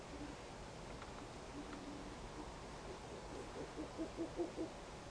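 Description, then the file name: Owl hoots: a few scattered low notes early, then a rapid series of soft hoots near the end that grows louder, over constant hiss. "fukuro 180225"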